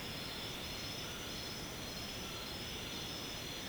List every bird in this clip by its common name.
none